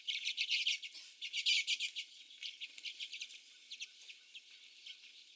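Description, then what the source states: Common redpolls chattering in a flock, quick dry twittering notes in bursts, loudest early and thinning toward the end. Several common redpolls.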